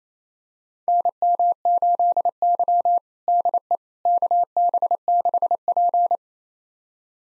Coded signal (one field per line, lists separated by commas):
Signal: Morse code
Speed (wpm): 28 wpm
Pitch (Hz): 700 Hz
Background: none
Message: NM8Y DE KB6P